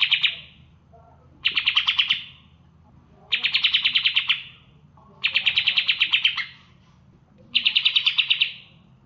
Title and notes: Suara Kicauan Burung untuk memaster burung kesayangan